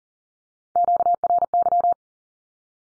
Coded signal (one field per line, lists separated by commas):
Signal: Morse code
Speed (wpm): 40 wpm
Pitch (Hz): 700 Hz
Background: none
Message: QRY